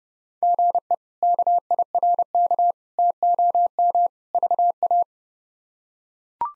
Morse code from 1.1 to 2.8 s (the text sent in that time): KIRK